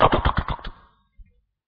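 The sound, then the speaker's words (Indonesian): Loud, hard knocking on the door of a house: a rapid burst of about six or seven sharp raps in quick succession, followed after a short pause by one faint, low thud. “Suatu ketika ada orang mengetuk rumah Anda dengan ketukan yang keras.”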